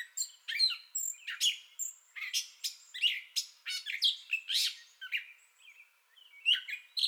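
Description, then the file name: Gray catbird song of mixed squawks, whistles and chattering notes, delivered unevenly with a short lull near six seconds. Entire song bout, 30 May 2021. "2021-05-30 Gray Catbird Entire Song Bout"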